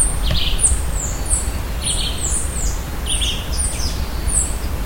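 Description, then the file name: Bird calls, a series of high downslurred chirps in quick succession with a few lower buzzy notes, against a steady low rumble. "SABIOD 50 bird 2015"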